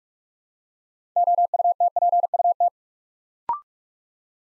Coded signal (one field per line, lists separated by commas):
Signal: Morse code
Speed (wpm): 44 wpm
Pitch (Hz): 700 Hz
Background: none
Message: OUTPUT